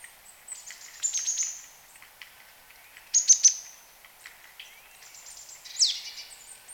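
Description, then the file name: Marsh tit giving two short bursts of thin, very high notes, with a separate downward squeaky sweep near the end. "Poecile palustris"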